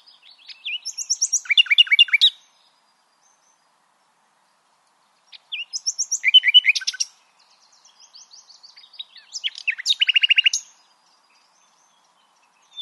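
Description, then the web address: Common nightingale singing three separate phrases, each starting with high whistles and ending in a fast rattling series of repeated notes, separated by silent pauses. "SETE Luscinia megarhynchos"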